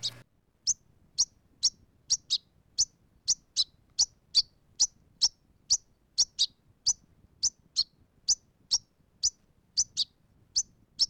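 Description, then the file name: European goldfinch calling with a long, even series of sharp, high chirps, roughly two per second, in an otherwise quiet background. "tengelic"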